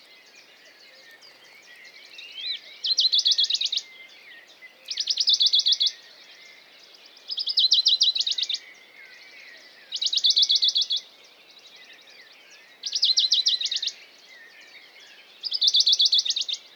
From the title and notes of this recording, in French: Piste aux espagnols - Valmaravel - Drôme - Nagra seven - mkh40. Le chorus (lever du jour des oiseaux) est très intéressant ce matin de mai par ce chant étonnant du Pouillot de Bonelli (Phylloscopus bonelli) . Ici l'oiseau est fixe, bien cantonné sur une branche d'un petit pin et le rythme du chant est rapide.